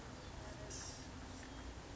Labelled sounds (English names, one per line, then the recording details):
Blue-gray Gnatcatcher
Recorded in Sonoma County, California